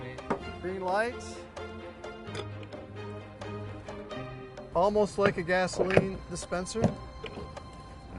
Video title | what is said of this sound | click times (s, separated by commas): Hydrogen "Fast-Fill" Fueling Station (Full) | I hear it lock. Right. Locks on. | 7.3 s